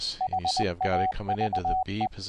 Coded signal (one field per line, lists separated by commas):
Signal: Morse code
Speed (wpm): 20 wpm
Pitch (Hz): 750 Hz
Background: speech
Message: HAVE